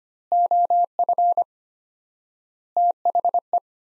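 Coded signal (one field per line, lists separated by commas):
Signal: Morse code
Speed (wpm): 25 wpm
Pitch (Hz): 700 Hz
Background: none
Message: OF THE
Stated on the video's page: Morse practice sending sets of five words at 25 wpm with 4x word spacing, a word-based analogue of Farnsworth spacing.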